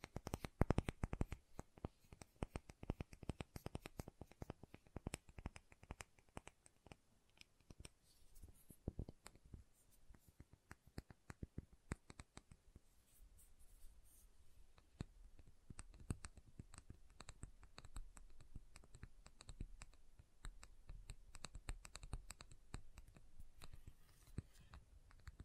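Tapping and carving on soft-hard soap: a rapid, dense run of sharp, bright taps and clicks fills the first ten seconds. After that the taps grow quieter and blend into a steady, fine scraping texture with a low rumble underneath, dotted with occasional crisp knocks.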